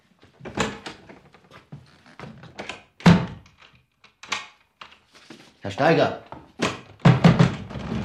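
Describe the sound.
Heavy fists thump repeatedly on a door in uneven bursts of dull, loud knocks, while a man angrily shouts for the door to be opened between the blows.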